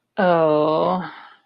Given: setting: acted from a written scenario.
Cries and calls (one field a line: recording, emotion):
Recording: vocal sound without words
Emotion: embarrassment